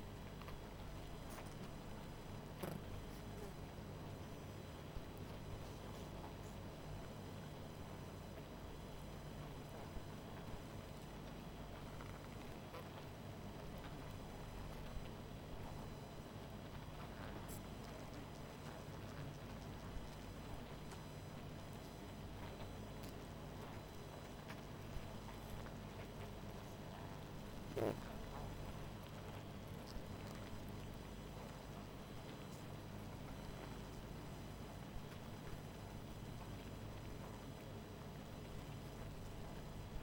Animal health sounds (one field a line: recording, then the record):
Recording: honeybee colony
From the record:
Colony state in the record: missing queen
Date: 14 July 2017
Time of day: 20:36